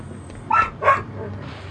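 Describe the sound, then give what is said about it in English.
A small dog lets out two quick, high-pitched yipping barks in succession, sharp and fairly loud, over a low, steady background rumble. “You left your dog, you idiots!”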